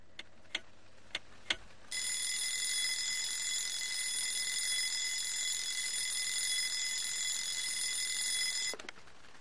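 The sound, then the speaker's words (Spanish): A few sharp clicks, then an alarm clock rings with a loud, shrill, unbroken tone for about seven seconds before stopping abruptly. No one speaks. “Cuando te levantas con la izquierda, primer golpe es tarde y el despertador absorbe tus primeras energías.”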